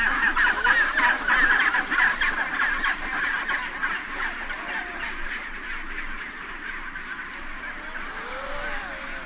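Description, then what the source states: Chinstrap penguin colony, loud pulsing squawks at first, easing into a softer continuous chatter with a few short wavering cries. Recorded at a rookery.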